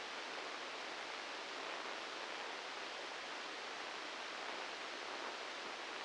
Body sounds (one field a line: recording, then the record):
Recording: brain microelectrode recording played as sound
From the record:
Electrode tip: inside the subthalamic nucleus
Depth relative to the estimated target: -1 mm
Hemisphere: left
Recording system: NeuroSet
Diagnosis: Parkinson's disease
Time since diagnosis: 19 years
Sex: female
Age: 69 years